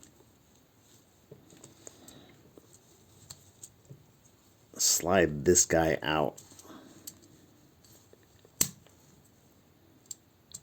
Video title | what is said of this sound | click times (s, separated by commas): Newage Hawk Review | until it will kind of Click into place on the uh on the long side of that | 8.6 s